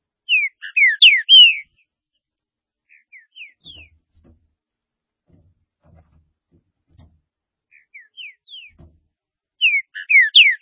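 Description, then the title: Green-winged saltator song: a loud phrase of quick, slurred, downward whistles, quieter notes in between, then the rich phrase repeated about nine seconds later. "Trinca Ferro"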